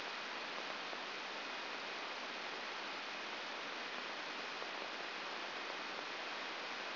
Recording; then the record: brain microelectrode recording played as sound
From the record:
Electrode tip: outside the subthalamic nucleus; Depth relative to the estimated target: -2 mm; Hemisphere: right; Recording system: AlphaMap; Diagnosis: Parkinson's disease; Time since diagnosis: 10 years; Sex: female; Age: 63 years